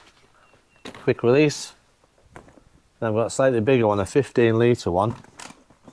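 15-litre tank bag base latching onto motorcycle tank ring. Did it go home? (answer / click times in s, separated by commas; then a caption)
yes / 5.4 s. A 15-litre tank bag is lowered onto the quick-release tank ring of a Ducati Multistrada fitted with a GIVI BF11 Tanklock kit. Someone talks over the fitting. At 5.4 seconds the bag's plastic latch clicks shut and locks the bag onto the ring.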